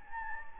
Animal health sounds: mosquito wingbeat signal from an infrared sensor; Anopheles gambiae

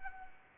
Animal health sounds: mosquito wingbeat signal from an infrared sensor; Anopheles arabiensis

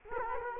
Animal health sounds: mosquito wingbeat signal from an infrared sensor; Culex quinquefasciatus

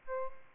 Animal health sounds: mosquito wingbeat signal from an infrared sensor; Aedes albopictus

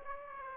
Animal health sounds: mosquito wingbeat signal from an infrared sensor; Aedes aegypti

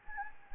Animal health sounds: mosquito wingbeat signal from an infrared sensor; Anopheles gambiae

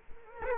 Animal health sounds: mosquito wingbeat signal from an infrared sensor; Culex quinquefasciatus

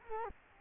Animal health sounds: mosquito wingbeat signal from an infrared sensor; Culex quinquefasciatus

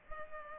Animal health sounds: mosquito wingbeat signal from an infrared sensor; Culex pipiens

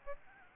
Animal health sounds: mosquito wingbeat signal from an infrared sensor; Aedes albopictus

